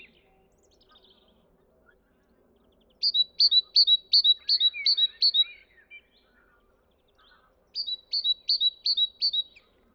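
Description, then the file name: Great tit repeating a two-note whistled phrase in a fast burst, pausing briefly, then starting a second run, with faint softer chirps between. "Parus major"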